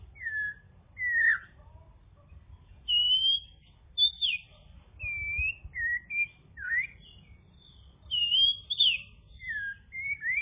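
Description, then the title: Bird singing a string of clear, slurred whistles that rise and fall, given singly or in pairs at irregular intervals with brief gaps. "kikicau"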